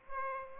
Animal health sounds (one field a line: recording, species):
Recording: mosquito wingbeat signal from an infrared sensor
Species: Aedes aegypti